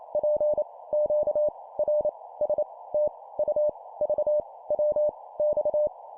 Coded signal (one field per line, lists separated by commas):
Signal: Morse code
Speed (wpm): 28 wpm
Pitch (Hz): 600 Hz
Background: none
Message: P Q R S T U V W X